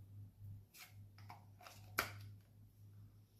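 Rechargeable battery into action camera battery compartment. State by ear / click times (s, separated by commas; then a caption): seated / 2.0 s. A rechargeable battery, with its pins lined up with the contacts, is pushed into the battery compartment of a GoPro 13 Black action camera. A few soft handling sounds are followed by one sharp, loud click at 2.0 s as the battery seats in its compartment and fits.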